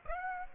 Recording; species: mosquito wingbeat signal from an infrared sensor; Aedes aegypti